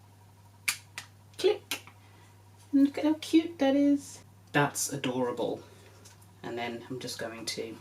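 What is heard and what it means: A mirror insert is placed on top of a magnetic makeup palette and clicks into place with a sharp click at 0.7 s, followed by a few softer taps over the next second. Someone then talks.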